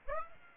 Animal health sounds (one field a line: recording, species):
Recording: mosquito wingbeat signal from an infrared sensor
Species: Aedes aegypti